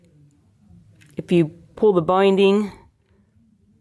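A Turnamic cross-country ski binding on an integrated fixation plate is handled while someone talks, with only faint, quiet ticks beneath the voice. The binding has not yet been pulled along the plate into place, so nothing has seated or clicked yet and it cannot be fully latched.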